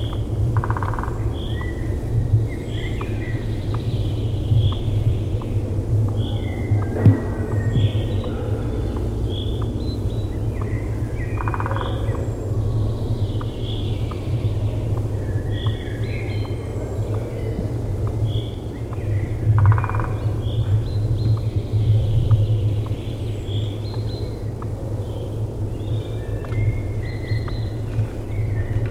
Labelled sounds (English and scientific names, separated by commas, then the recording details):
Eurasian Red Squirrel (Sciurus vulgaris) call
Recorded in the wild
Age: adult
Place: Summt, am Buchenberg, Brandenburg, DE
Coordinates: 52.695, 13.3594
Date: 1976-05-08 18:37
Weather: windy
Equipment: Uher CR 210, Sennheiser MD 421 HL, Reflektor, Verstärker, Kopie Uher 4200
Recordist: Tembrock, Günter
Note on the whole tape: Zwei Tiere, sich jagend, eines dann sitzend, Lautreihe. Störgeräusche: Reflektor und Wind